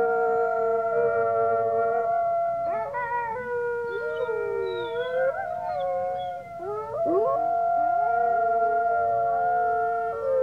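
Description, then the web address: Grey wolf howls from several animals, long steady tones overlapping with sliding, wavering howls that rise and fall, forming a dense chorus throughout. Small pack howling. "wolves howling small pack animal wolf"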